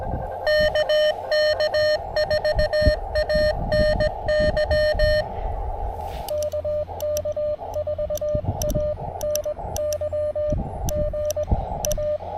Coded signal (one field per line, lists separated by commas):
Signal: Morse code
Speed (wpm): 20 wpm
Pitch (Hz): 600 Hz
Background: radio noise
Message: KK4ANY KK4ANY GA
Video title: Snagging my first POTA Kilo on the Blue Ridge Parkway!